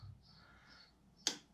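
A torque wrench makes the first tightening of the crankshaft pulley bolt on a 1.6 HDi 16V engine during a timing belt replacement. After a faint low thump at the start and a quiet stretch, a single sharp click sounds at 1.3 s. The wrench has reached its setting without being forced.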